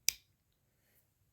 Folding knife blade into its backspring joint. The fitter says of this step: nice little click there good perfect transitions really